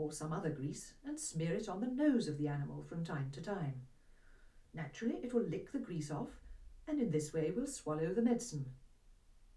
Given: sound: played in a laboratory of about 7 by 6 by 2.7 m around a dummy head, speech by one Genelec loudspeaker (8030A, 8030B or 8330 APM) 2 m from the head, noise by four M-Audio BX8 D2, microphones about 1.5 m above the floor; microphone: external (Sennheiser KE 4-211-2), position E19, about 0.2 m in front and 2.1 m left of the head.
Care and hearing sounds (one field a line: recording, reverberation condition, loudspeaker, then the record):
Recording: female speech in English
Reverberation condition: low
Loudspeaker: 90 degrees to the right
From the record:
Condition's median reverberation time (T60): about 310 ms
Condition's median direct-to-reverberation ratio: about 3.5 dB